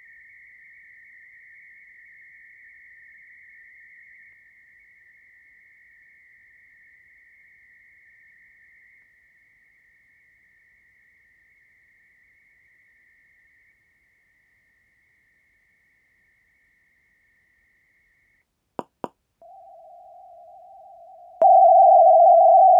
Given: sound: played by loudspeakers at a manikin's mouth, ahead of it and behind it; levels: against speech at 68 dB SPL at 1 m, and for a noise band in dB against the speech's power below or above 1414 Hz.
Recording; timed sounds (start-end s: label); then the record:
test signals for a remote microphone
0.00-4.33 s: noise band at 2000 Hz, +5 dB
4.33-9.02 s: noise band at 2000 Hz, 0 dB
9.02-13.72 s: noise band at 2000 Hz, -5 dB
13.72-18.42 s: noise band at 2000 Hz, -10 dB
18.79 s: click
19.04 s: click
19.42-21.42 s: noise band at 707 Hz, -13 dB
21.42-22.80 s: noise band at 707 Hz, +22 dB
From the record:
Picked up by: measurement microphone